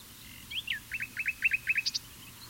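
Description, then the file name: Common nightingale song: a couple of swooping notes, then a rapid series of repeated clipped notes, ending in a higher flourish. "Luscinia megarhynchos"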